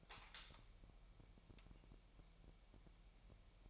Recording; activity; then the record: daily activity, microphone in the room; light on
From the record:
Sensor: 1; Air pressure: 1001.9 hPa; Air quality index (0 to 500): 249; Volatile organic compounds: 54 ppm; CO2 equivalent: 3348 ppm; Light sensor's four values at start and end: 5/11/4/5 and 14/48/19/19